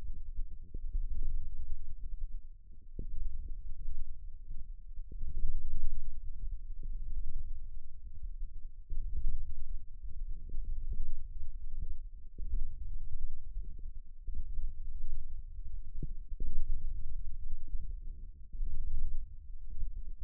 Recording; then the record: forearm muscle sounds (acoustic myography)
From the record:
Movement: wrist extension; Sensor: system 1, eight BSWA MPA416 microphones around the upper forearm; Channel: 6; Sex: female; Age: 21 years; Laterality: right